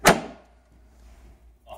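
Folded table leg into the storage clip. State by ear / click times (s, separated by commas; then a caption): not seated / none. A folded metal leg of a square folding table is swung up toward the plastic leg clip under the tabletop. A sharp knock at the start fades into quiet handling noise, with a brief rustle at the very end. Nothing has seated or clicked into the clip yet.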